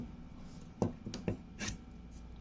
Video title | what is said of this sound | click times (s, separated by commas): Fishing Line Winder Spooler Machine Spinning Reel Spooling Station System | Naka-lock na. | 0.8 s, 1.1 s